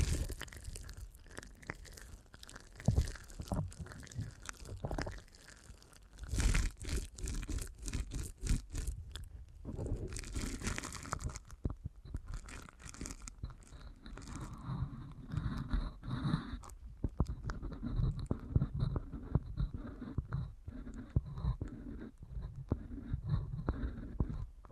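Deep ear canal massage with dense crunchy rubbing and crinkling, bursts of rapid scratchy strokes, low thumps, and a faint steady high tone later.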